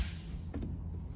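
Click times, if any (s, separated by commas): none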